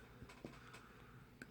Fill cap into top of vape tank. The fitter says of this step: make sure you get that seated back in there good make sure you close it it'll actually click into place